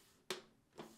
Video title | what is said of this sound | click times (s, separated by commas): How to replace Inner Door & Lower Door Seal Assembly part # DD82-01388A on your Samsung Dishwasher | then push the bracket up until it locks in place | 0.3 s